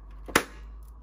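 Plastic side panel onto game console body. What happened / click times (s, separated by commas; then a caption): The plastic side panel clicked into place / 0.4 s. A plastic side panel is pushed in and slid along the top side of a PlayStation 5 console body until it locks. A faint scrape at about 0.3 s leads into a sharp, bright click at 0.4 s, followed by quiet. The panel is seated and locked in place.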